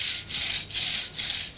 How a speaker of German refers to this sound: Die Säge! Der Baum zittert. Geben wir es nur zu, James. Wir zittern alle. Sie schneiden nur den Ast ab unter mir. Sie haben ja auch keine Äxte bei sich.